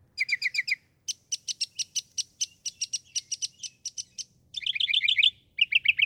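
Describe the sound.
Northern mockingbird song in varied phrases: a quick series of five high notes, a long run of sharp repeated chips, then rapid trills near the end.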